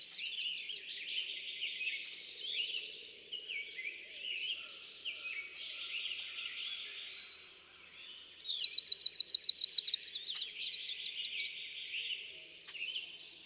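Bachman's sparrow song: a clear whistle followed by a long, fast trill of repeated notes, with mixed bird chatter before and after.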